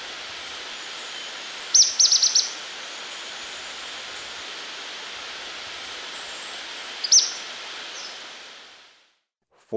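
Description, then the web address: Ornate flycatcher calling: a quick burst of four or five thin, very high notes, then one more short high note about five seconds later, over a steady hiss. Ecuador. "Birds of Ecuador. Ornate Flycatcher"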